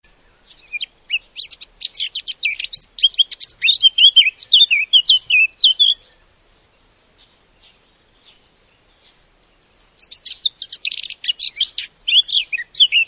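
Bird chattering song, a long fast run of high twittering and chirping notes, a pause with faint ticks, then another lively burst of warbling chirps.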